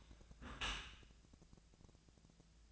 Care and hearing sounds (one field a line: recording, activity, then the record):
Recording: daily activity, microphone in the room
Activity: close dishwasher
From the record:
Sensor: 2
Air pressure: 1000.3 hPa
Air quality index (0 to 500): 162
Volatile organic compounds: 3 ppm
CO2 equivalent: 1346 ppm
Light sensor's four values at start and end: 11/31/12/14 and 11/31/12/14